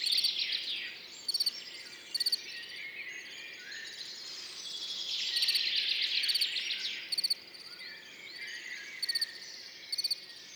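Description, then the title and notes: Field cricket chirping in quick bursts of a few pulses, with birds singing in the background. Recorded among orchids on Montagne du Puy, 10 June 2019, in the morning after a mild night; continuous song, with birds waking and insects warming up behind; Nagra Seven, MKH40, stereo. "10 juin 2019-Montagne du Puy - Nagra seven - mkh40-stéréo Ce matin comme la nuit a été douce le grillon champêtre continu sont train train sonore."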